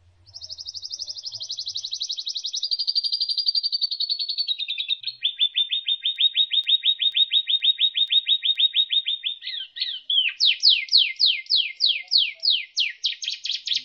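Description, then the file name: Canary song: a long run of fast buzzy trills shifting step by step in pitch, ending in sweeping rapid notes. Canary song used as isian, song for training other birds. "suara kenari isian omkicau"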